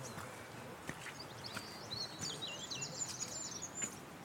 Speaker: this is the wheedling song of the Goldcrest.